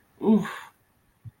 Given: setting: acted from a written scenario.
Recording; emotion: vocal sound without words; disgust